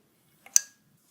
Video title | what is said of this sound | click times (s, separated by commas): Grundlagenkurs Nähen - Teil 2 - Nähmaschine einrichten | at the back through a second guide and you can hear a little click when it's engaged. | 0.6 s